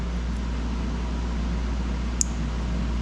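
A crimped wire terminal, flipped 180 degrees because it wouldn't go in the other way, is pushed into the plastic neutral safety switch connector housing of a Jeep TJ over a steady low hum. A single sharp click at 2.2 s marks the terminal seating fully in the housing.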